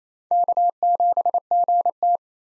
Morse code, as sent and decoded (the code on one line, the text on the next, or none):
-.- --... --. -
K7GT